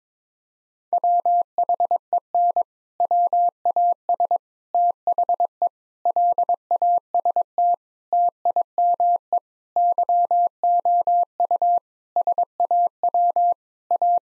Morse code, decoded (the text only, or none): WHEN WAS THE LAST TIME YOU SAW A